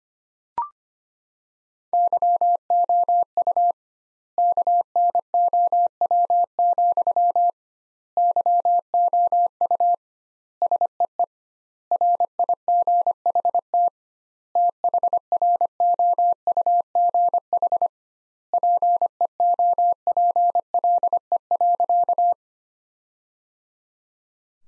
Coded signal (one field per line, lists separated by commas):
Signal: Morse code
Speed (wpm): 25 wpm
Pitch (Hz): 700 Hz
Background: none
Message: YOU KNOW, YOU SEE RIGHT THROUGH PEOPLE.